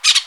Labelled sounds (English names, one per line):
Brown-throated Parakeet contact call